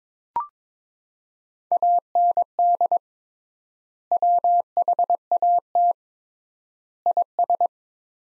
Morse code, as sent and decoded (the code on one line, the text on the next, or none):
.- -. -.. / .-- .... .- - / .. ...
AND WHAT IS